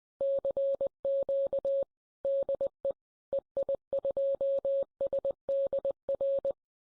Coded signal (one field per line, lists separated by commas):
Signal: Morse code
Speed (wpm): 20 wpm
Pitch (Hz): 550 Hz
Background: none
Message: CQ DE EI2SDR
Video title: Introduction to Software Defined Radio by Mark EI4ACB